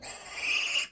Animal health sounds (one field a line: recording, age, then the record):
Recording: pig call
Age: piglet (1 to 25 days)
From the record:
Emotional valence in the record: negative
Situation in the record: castration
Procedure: castration, fixation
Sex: male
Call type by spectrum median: high-frequency call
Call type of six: high-frequency modulated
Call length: 0.92 s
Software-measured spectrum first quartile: 2596 Hz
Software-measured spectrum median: 3200 Hz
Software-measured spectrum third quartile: 6750 Hz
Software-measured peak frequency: 2841 Hz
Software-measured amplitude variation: 148 dB a second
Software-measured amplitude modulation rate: 20.1 a second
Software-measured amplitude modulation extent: 7.4 dB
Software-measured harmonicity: 5.8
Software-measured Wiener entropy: -2.01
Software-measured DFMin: 1418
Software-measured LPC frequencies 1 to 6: 977, 2527, 2826, 5046, 6641, 7488 Hz